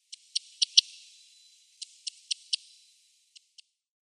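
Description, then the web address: Corn bunting calls: dry, high, sharp ticks given in a quick group of four, then another four, then two more, in an otherwise quiet setting. "Schulze Peter Corn Bunting calls"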